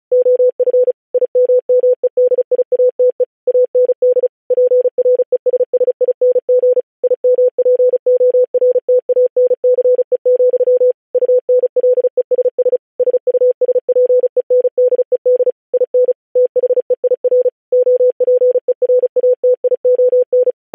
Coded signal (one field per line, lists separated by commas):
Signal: Morse code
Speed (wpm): 36 wpm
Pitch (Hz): 500 Hz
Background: none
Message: OF IMMEDIATE AND PRESSING IMPORTANCE, UNLESS SUSPENDED IN THEIR OPERATION